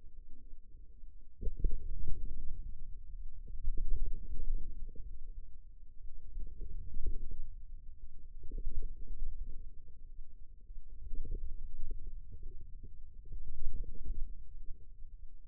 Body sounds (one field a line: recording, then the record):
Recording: forearm muscle sounds (acoustic myography)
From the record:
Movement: ulnar deviation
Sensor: system 2, bracelet of six BSWA MPA416 microphones around the upper forearm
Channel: 2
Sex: male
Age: 22 years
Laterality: right